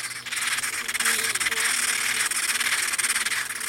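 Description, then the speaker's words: Red-breasted sapsucker chicks giving a continuous, hissing, raspy begging chorus with rapid pulsing, and a faint low hum underneath. Several chicks begging from their nest; adults are usually quiet. "these are red-breasted sapsucker chicks calling from their nest."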